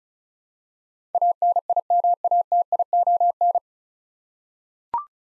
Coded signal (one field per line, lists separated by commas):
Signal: Morse code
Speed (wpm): 36 wpm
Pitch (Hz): 700 Hz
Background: none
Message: ANIMATION